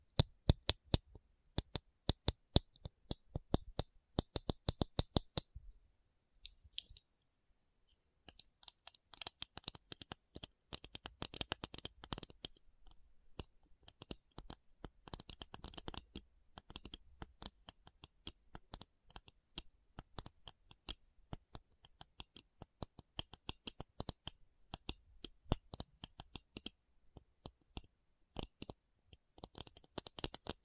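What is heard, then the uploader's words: A tapping session without talking: crisp, sharp taps and clicks come in quick, irregular bursts, some loud and bright, others soft and rapid. Around the six-to-eight-second mark the tapping briefly thins to near silence before resuming in dense, steady flurries. Tapping Session (No Talking).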